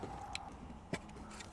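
The plastic wiring harness plug of a ShiftPower throttle controller on a BMW M2 is pushed all the way into the car's throttle pedal harness socket. It gives a short, sharp click at 0.4 s, followed by a second, duller knock at about 0.9 s over low background noise. The connector is seated.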